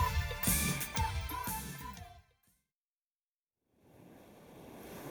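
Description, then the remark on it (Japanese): A bright tonal musical passage ends, a brief silence follows, then a steady, soft hiss of ocean waves washing onto the shallow beach of Mir Coast fades in and continues to the end. “ミル海岸にやってきました。 ここは遠浅の海で、大きな船はなかなか近づけないんです。”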